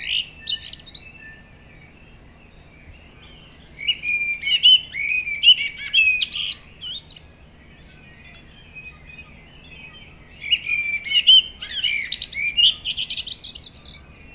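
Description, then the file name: Common blackbird delivering three warbled song phrases, the later ones longer, each with low flute-like notes and squeaky high flourishes, spaced by silent gaps. "Turdus merula"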